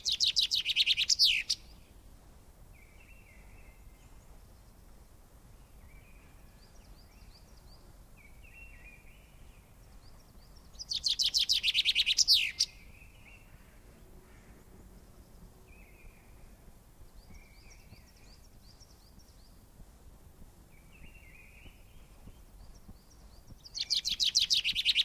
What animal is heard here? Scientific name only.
Fringilla coelebs